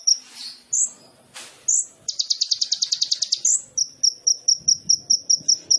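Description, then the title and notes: Sunbird singing high, sharp slurred notes, then a fast buzzy trill of about a second, followed by a steady series of thin, evenly spaced chips. Training song (masteran) of a lively (gacor) singer, full of filler phrases (isian) and shot-like bursts (tembakan), suited as pancingan to prompt other birds to sing. "MASTERAN KOLIBRI NINJA FULL ISIAN DAN TEMBAKAN COCOK BUAT PANCINGAN. Suara Burung Kolibri Ninja Gacor"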